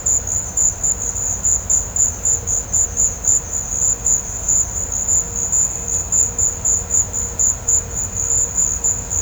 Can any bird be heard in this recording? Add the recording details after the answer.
no. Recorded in pastures near Puerto Asís, Putumayo, Colombia, on 21 December 2024 at 15:30. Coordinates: 0.502, -76.324. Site G077